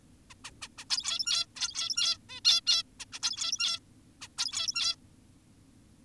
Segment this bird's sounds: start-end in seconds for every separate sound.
0.30-0.34, 0.44-0.51, 0.62-0.68, 0.78-0.85, 0.90-1.46, 1.56-2.18, 2.29-2.40, 2.45-2.61, 2.67-2.83, 3.00-3.05, 3.13-3.19, 3.22-3.80, 4.22-4.28, 4.38-4.96